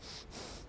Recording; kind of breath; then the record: one breath in and out by a microphone near the nose and mouth; strong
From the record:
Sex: male